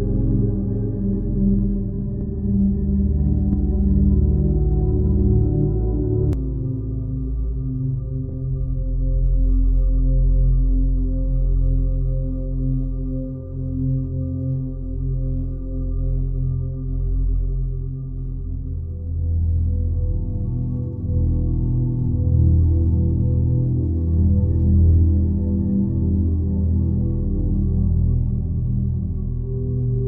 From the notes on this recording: 528 Hz meditation sound